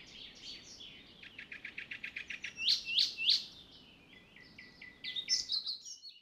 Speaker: Kultarinnan laulua kannattaa ihastella nyt, sillä sitä ei kuule kuin muutaman viikon koko vuonna. Eikä kultarintaa juuri koskaan huomaakaan muuten kuin laulusta.